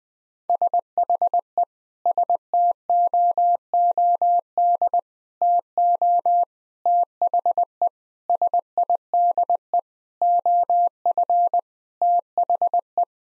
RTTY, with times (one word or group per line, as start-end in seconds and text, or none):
none